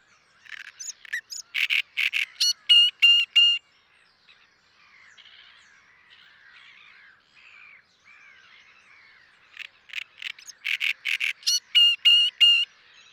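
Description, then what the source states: Bird song: two short bursts of loud, rapid, ringing notes that speed into a rattling series, with soft twittering in the pause between them. Short songs of a male bird, presumably paired.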